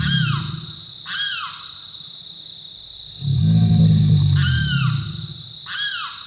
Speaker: bellowing roars seem to rise from foul-smelling swamp mud, like gaseous belches escaping from deep within the earth, the alligator.